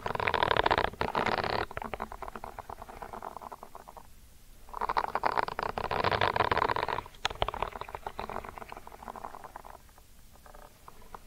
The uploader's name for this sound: Ear Cleaning Triggers